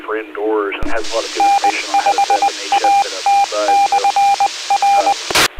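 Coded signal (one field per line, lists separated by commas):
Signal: Morse code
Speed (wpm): 20 wpm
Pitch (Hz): 800 Hz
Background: speech, radio noise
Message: N5AT/R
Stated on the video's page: Amateur radio repeaters monitored on 146.940 MHz and 443.200/146.775 MHz, carrying Skywarn net information during severe weather.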